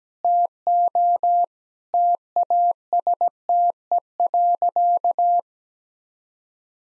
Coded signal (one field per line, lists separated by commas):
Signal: Morse code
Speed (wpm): 17 wpm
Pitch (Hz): 700 Hz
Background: none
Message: TO TASTE.